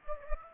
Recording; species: mosquito wingbeat signal from an infrared sensor; Aedes aegypti